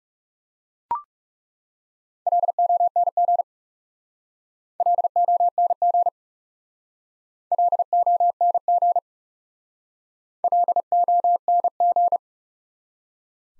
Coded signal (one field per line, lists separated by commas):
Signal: Morse code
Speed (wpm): 40 wpm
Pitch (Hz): 700 Hz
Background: none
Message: LONG LONG LONG LONG